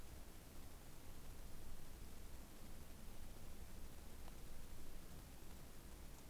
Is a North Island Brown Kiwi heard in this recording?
no